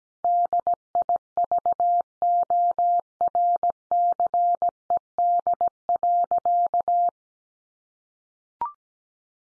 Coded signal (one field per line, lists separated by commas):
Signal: Morse code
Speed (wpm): 17 wpm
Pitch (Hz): 700 Hz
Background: none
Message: DIVORCED.